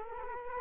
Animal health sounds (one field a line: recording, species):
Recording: mosquito wingbeat signal from an infrared sensor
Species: Culex quinquefasciatus